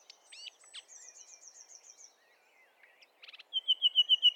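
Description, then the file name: Common nightingale song: varied high whistles and trills, a quiet stretch, then a loud pure whistled note repeated rapidly and steadily at the end. "Luscinia megarhynchos"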